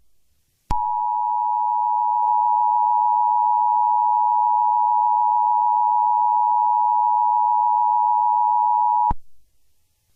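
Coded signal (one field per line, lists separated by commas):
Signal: Emergency Alert System (SAME) tones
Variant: 853 and 960 Hz attention tone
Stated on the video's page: Fictional EAS scenario.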